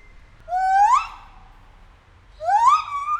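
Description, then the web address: White-handed gibbon call: two upward-sweeping hoots separated by a pause of over a second, the second ending in a held higher note. Captive, in a zoo in Nyíregyháza, recorded in 2019, calling with shorter and longer pauses between calls. "feherkezu gibbon kisebbnagyobbszunetekkel nyiregyhaza"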